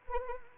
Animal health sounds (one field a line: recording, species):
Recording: mosquito wingbeat signal from an infrared sensor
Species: Anopheles arabiensis